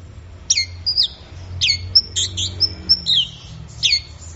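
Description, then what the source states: Orange-headed thrush giving loud, sharp, down-slurred high notes mixed with short whistles, roughly one phrase every second. Bird in full, intense song (gacor teler), used for training songbirds; Indonesian name anis merah.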